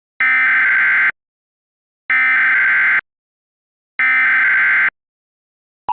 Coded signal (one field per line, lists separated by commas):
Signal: Emergency Alert System (SAME) tones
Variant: header bursts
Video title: EAS Scenario 7: Mario 85